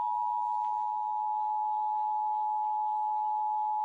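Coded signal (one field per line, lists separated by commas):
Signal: Emergency Alert System (SAME) tones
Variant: 853 and 960 Hz attention tone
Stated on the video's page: Monthly required tests aired on Riverside/San Bernardino FM stations KFRG, KLYY, KRXV, KHDR, KIXW-FM and KZXY, plus the San Diego NOAA weather radio weekly test.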